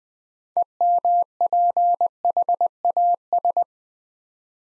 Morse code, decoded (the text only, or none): EMPHAS